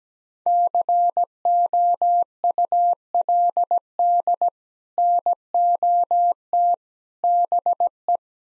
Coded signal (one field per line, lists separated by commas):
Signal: Morse code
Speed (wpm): 17 wpm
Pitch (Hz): 700 Hz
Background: none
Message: COULD NOT BE